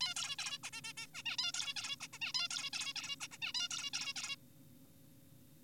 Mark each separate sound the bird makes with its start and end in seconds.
0.01-0.14, 0.16-0.36, 0.39-0.59, 0.63-0.70, 0.73-0.81, 0.84-0.93, 0.97-1.07, 1.14-1.23, 1.26-1.37, 1.39-1.52, 1.54-1.74, 1.76-1.96, 2.01-2.07, 2.13-2.19, 2.21-2.33, 2.35-2.48, 2.51-2.70, 2.73-2.93, 2.96-3.16, 3.21-3.28, 3.31-3.38, 3.42-3.53, 3.55-3.68, 3.71-3.90, 3.93-4.13, 4.16-4.36